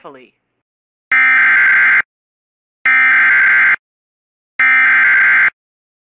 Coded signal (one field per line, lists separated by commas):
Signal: Emergency Alert System (SAME) tones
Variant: header bursts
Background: speech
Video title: SVR On WJON 2/28/24 (EAS #2265)